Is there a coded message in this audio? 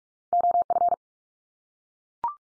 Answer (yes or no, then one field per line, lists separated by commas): yes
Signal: Morse code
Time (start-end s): 0.3-0.9 s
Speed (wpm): 44 wpm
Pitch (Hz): 700 Hz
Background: none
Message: OF